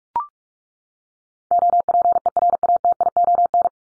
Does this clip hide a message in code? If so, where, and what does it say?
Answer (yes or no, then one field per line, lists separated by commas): yes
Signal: Morse code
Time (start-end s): 1.5-3.7 s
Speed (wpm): 44 wpm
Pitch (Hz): 700 Hz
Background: none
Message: OPERATION